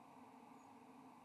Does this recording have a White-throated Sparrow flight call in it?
no